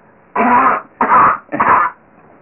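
Three coughs in quick succession from an adult.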